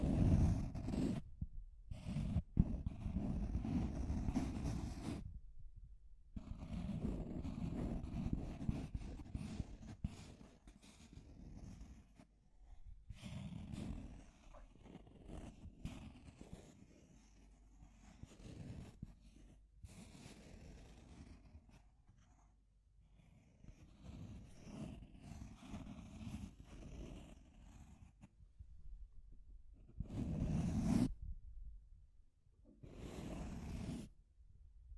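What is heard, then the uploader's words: Deep scratching on a surface comes in bursts of rough, low-heavy rubbing, with short silent gaps between strokes around 1–2, 5–6, 12 and 29 seconds. The scraping varies in pressure, swelling louder near the start and again around 30 seconds, with no voice. ASMR Deep Scratching Sending Tingles Down Your Back (No Talking).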